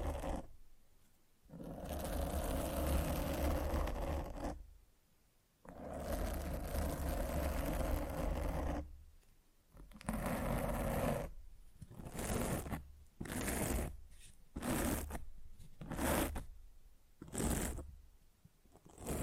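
Scratching and rubbing against a microphone, heard as rough, grainy bursts with a deep rumble underneath. Two long stretches of a few seconds each come first, separated by silences, then the scratches turn into shorter, choppier strokes with brief gaps after about ten seconds.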